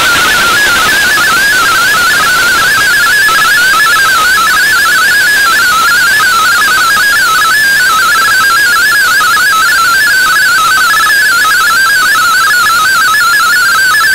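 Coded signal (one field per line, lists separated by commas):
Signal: multi-tone FSK (Olivia or MFSK type)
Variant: MFSK32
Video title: DigiDX digital MFSK32 broadcast on WRMI 15770Khz Shortwave Oct 9 2016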